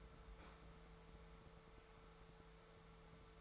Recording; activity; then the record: daily activity, microphone in the room; open fridge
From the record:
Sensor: 3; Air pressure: 1014.9 hPa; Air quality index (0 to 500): 199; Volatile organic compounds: 28 ppm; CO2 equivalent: 2903 ppm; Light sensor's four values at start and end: 10/26/10/11 and 10/26/10/11